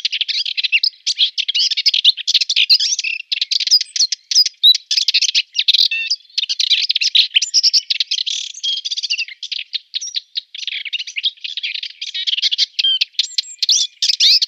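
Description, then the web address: Subalpine warbler song: a long, fast chattering warble of scratchy notes and brief clear whistles, running almost without pause and high-pitched throughout. "Schulze Peter Subalpine Warbler song"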